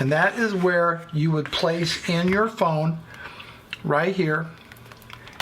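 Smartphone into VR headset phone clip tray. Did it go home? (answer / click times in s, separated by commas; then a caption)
yes / 5.4 s. Someone talks while a smartphone is pressed into the spring clip tray of a plastic budget VR headset, a VR Shinecon Virtual Reality Glasses, after the clip is lowered. A few faint ticks follow near 4.7, 4.9 and 5.1 seconds, then the phone clicks firmly into the holder at 5.4 seconds, seated in place, and the fit is praised as nicely done.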